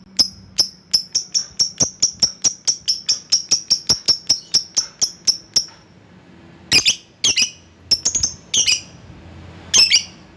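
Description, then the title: Lovebird calls, a fast even series of high clicking chirps, then a pause and louder harsh squeaky notes in bursts. Lovebird calling a rival. "Lovebird Memanggil Lawan"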